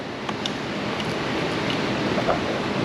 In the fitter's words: yeah it's not snapped there we go